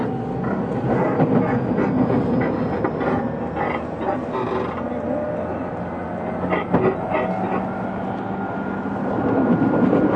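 A Tokyu 6000 series express train runs with a steady low rumble and faint whine, brief clacks near the sixth and seventh seconds.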